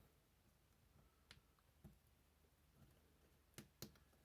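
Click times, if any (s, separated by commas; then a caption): 3.6 s, 3.8 s. A laser-cut wooden part from a Fflecsville model railway cable drum kit (FVX-034, FVX-035 or FVX-036) is pressed into its slot in the drum assembly. Faint ticks of handling come at about 1.3 s and 1.9 s, then two sharp clicks at 3.6 s and 3.8 s as the part seats firmly in place.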